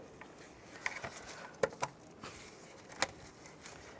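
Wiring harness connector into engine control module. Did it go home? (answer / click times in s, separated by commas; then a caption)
yes / 0.9 s, 1.6 s, 1.8 s. The wiring harness connectors on a 2005-2010 Chevrolet Cobalt engine control module are lined up and pushed down, and the locking lever is moved so it ratchets home. Sharp ratcheting clicks come at 0.9, 1.6 and 1.8 seconds, with another short snap at 3.0 seconds, over quiet background handling noise. The connector locks in place and is seated.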